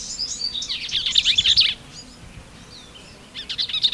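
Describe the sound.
Bell's vireo song, a long rapid scratchy warble lasting over a second, then a pause and the start of another phrase.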